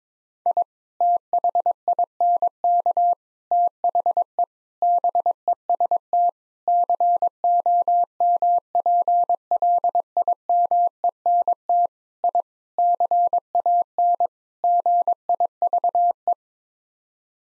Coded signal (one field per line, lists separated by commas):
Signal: Morse code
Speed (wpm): 22 wpm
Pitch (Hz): 700 Hz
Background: none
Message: I THINK THE BEST COMPLIMENT I CAN GIVE